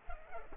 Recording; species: mosquito wingbeat signal from an infrared sensor; Culex pipiens